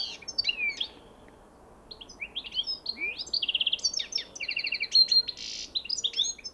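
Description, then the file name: European goldfinch twittering in fast, liquid phrases mixing tinkling notes, short buzzy trills and rapid chirps, with a brief pause near the start and steady faint background hiss. "Carduelis carduelis"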